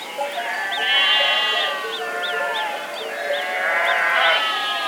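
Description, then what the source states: Sheep bleats overlap in a chorus of quavering, nasal calls, several animals calling at once with brief rising notes threaded through. Sheep in an enclosure.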